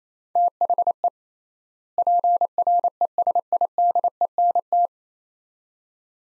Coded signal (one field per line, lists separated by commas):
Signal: Morse code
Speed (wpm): 28 wpm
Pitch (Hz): 700 Hz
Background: none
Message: THE PRESIDENT